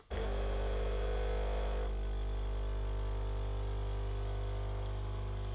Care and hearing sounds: daily activity, microphone in the room; make coffee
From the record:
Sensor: 4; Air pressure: 1005.0 hPa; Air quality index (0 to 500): 186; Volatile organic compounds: 5 ppm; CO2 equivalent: 1822 ppm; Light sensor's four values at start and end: 17/58/22/20 and 19/62/23/22

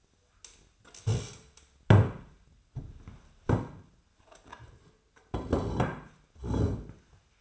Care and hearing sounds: daily activity, microphone in the room; stand up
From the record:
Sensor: 2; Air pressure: 1007.8 hPa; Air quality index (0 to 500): 179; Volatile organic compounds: 10 ppm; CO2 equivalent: 2206 ppm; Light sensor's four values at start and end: 10/24/10/10 and 10/24/10/10

